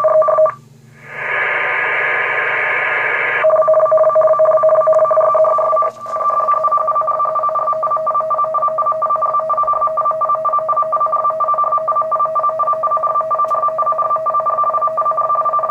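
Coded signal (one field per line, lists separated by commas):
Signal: RTTY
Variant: 50 baud, 500 Hz shift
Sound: rapid warbling between two steady tones, continuous teleprinter-like chatter after a short hiss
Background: radio static, low hum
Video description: Sonda pracuje w emisji SSB modulacją RTTY 50/500 wysyłając w ramce swój znak, godzinę, koordynaty, wysokość, temperaturę, napięcie ogniwa prądu i ilość satelitów GPS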